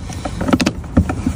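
A new side mirror glass, replacing a broken one, is pressed onto its mirror base after its heater wires are plugged in. A series of short knocks and clicks is heard, with the sharpest snap at 0.6 s as the clips catch. The glass is seated and the replacement is done.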